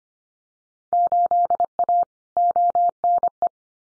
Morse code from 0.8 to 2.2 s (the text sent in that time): 8A